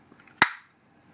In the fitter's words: As you can hear, it snap right in place.